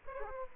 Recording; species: mosquito wingbeat signal from an infrared sensor; Aedes aegypti